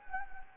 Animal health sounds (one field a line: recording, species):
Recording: mosquito wingbeat signal from an infrared sensor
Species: Anopheles gambiae